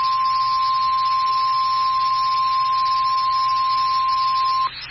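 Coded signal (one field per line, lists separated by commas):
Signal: Emergency Alert System (SAME) tones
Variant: 1050 Hz attention tone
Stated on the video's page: Shreveport severe warning on NOAA Weather Radio WXK23.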